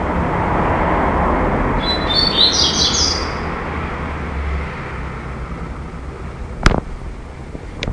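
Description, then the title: Double-collared seedeater song: one short high twittering phrase, with constant traffic rumble and a sharp click later. "Canto Coleiro"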